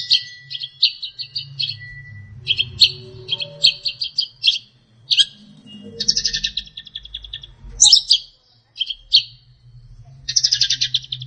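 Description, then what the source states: Long-tailed shrike song: varied bursts of high, scratchy, rattling notes separated by short pauses, some phrases harsh and buzzy, over a faint low hum. Master song for training songbirds.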